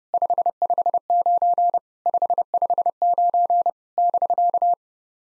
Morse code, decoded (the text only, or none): 559 559 <BK>